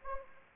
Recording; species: mosquito wingbeat signal from an infrared sensor; Anopheles arabiensis